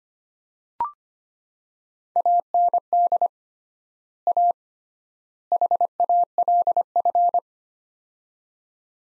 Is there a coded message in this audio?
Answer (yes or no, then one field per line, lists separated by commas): yes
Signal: Morse code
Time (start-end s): 2.2-7.4 s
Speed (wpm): 25 wpm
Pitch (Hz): 700 Hz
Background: none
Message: AND A HALF